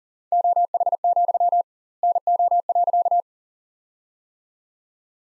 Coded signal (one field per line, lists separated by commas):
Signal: Morse code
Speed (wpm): 38 wpm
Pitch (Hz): 700 Hz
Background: none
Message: OH, NO.